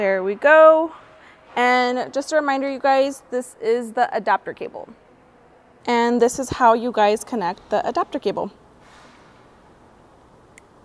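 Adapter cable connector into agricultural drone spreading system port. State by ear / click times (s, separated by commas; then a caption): seated / 10.6 s. Someone talks, then the spraying adapter cable connector is pushed into the spreading system port of a DJI Agras T50 agricultural drone (T25 & T50 series) while the spreading tank is assembled. A short, sharp click sounds at 10.6 s near the end of the push, and the connector is seated.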